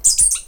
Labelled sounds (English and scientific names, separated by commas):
Stitchbird (Notiomystis cincta) song